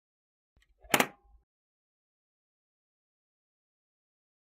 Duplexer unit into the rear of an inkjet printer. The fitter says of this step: push the duplexer into the back of the printer until it snaps into place